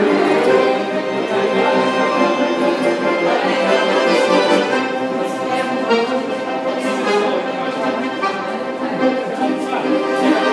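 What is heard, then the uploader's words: Two accordions play together in a subway station, their sustained reedy chords filling the space at a steady, fairly loud level. Busy crowd chatter and a hint of echo from the large hall run underneath the music throughout. Two accordions at U-Bahn Potsdamer Platz on Friday evening.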